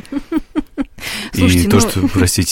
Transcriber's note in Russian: Смеется